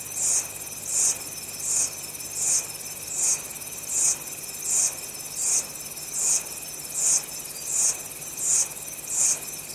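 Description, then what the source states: Insect chorus with evenly spaced, piercing high chirps roughly every 0.75 seconds, backed by an unbroken thin whine. Early evening tropical rain forest atmosphere with insects, recorded near Bangui, Central African Republic.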